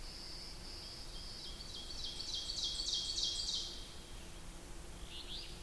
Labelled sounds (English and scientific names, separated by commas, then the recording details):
Ovenbird (Seiurus aurocapilla) song
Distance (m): 30 m
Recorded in boreal forest in Alberta, Canada, on 8 June 2016 at 08:11
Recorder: SongMeter 3, array SBT-3-9
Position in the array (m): 179 m, 32 m
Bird 34